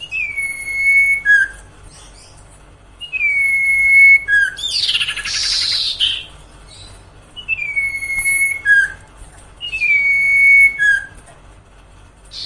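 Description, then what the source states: Sirtu singing sustained level whistles that each end in a short downward flick, four phrases, with one loud rasping burst between them. Masteran training song for cage birds, with the full range of song variations.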